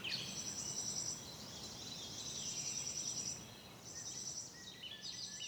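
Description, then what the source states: Birds chirping: thin, high twittering notes and quick trilled bursts that overlap and pause briefly, soft above a low steady hum. Recorded November 24, 2021.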